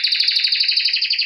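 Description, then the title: Domestic canary trill, a steady fast roll of repeated pulsed notes, bright and even throughout. Male Belgian canary singing a lot; training to warm up a young bird. "Canary Training Esquente Seu Filhote E Canario Belga Macho Cantando Muito"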